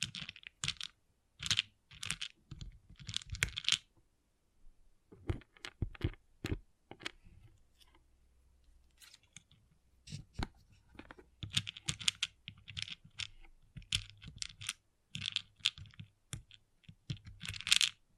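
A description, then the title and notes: Pixel art beads clatter and click in quick, dense bursts, like small plastic pieces tapped and sorted, with bright, crisp ticks. Clusters come every second or so, thin out to sparse taps between about 7 and 11 seconds over a low hum, then pick up again. ASMR Relaxing Pixel Art Beads ( No Talking).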